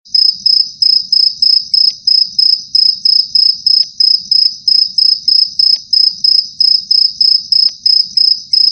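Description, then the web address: Cricket calling with a bright, high-pitched trill broken into even, regular pulses. A soft low background hum runs throughout. "Jhingoor"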